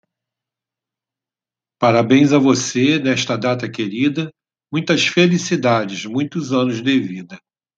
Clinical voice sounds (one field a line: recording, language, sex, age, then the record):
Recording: short text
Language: Brazilian Portuguese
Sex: male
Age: 50 to 59 years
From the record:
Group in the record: control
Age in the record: 59 years